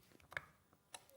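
A hand-operated rivet and press-stud machine fitted with a hole-punch die has its lever pushed down on fabric, and the punch cuts through with a small, sharp click at 0.4 s. Fainter ticks come at about 0.2 s, 1.0 s and 1.1 s. The punch has cut clean through, leaving a hole in the fabric.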